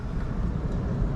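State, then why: Not seated. A tow bar wiring plug is pushed toward a vehicle's electrical socket while setting up to flat tow a 5th gen 4Runner, over a steady low rumble and broadband outdoor noise. The plug is only handled and nothing has seated or clicked yet.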